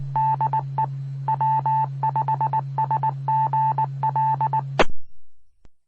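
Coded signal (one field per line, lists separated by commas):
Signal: Morse code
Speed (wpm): 19 wpm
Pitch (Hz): 880 Hz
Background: none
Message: DE W5SGL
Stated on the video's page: Morse heard from Mississippi Gulf Coast repeaters.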